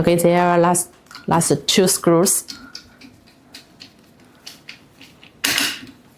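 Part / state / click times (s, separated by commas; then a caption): torque-limiting wrench tightening a locking screw into a bone plate / torque reached / 5.5 s. Someone talks as a torque-limiting wrench tightens the last two locking screws into a metal tibial bone plate (VA distal and proximal tibial locking plate system), with faint ticks and scrapes of the work. A sharp, loud click comes at 5.5 s, showing the screw is tight.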